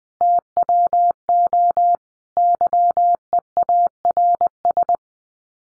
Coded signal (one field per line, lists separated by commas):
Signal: Morse code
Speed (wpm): 20 wpm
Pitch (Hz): 700 Hz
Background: none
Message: TWO YEARS